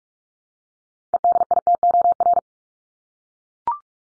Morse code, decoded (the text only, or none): EDITOR